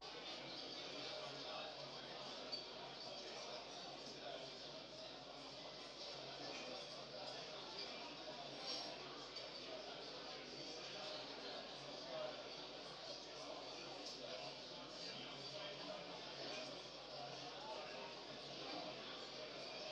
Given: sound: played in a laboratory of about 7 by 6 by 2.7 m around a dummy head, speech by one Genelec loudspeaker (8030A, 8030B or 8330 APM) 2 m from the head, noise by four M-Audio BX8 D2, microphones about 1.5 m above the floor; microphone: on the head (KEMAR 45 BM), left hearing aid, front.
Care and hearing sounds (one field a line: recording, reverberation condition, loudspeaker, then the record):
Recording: cafeteria noise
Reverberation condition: medium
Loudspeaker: four, about 170 cm from the corners of the room and facing them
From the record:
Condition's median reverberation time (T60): about 510 ms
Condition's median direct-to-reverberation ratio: about -0.5 dB